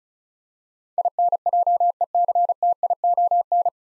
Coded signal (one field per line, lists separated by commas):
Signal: Morse code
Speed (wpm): 35 wpm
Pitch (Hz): 700 Hz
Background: none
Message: INJECTION